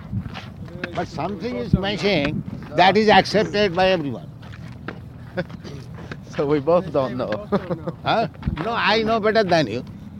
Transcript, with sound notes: But something is missing, that is accepted by everyone.
[laughs] So we both don't know.
Ah? No, I know better than you.